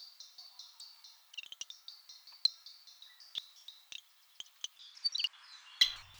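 Songbird phrase of high, evenly repeated notes that break into a busier stretch of chirps and sharp ticks, closing with a brief rustle.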